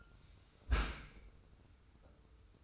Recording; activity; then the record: daily activity, microphone in the room; close dishwasher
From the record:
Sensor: 2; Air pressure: 990.4 hPa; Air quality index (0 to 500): 210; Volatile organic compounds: 1000 ppm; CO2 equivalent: 6738 ppm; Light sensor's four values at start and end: 29/69/28/28 and 29/69/28/28